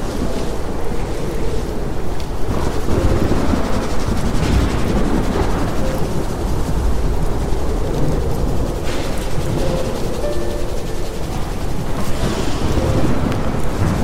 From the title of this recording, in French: Sons de TEMPÊTE, triggers ASMR, douce mélodie au PIANO